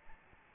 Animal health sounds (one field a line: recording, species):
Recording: mosquito wingbeat signal from an infrared sensor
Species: Aedes albopictus